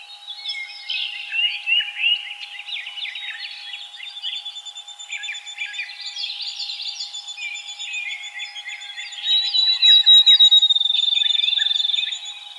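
Field sparrow song near the end: a fast, evenly spaced trill of high notes, after a busy chorus of chattering, twittering birds, with a steady low hum throughout.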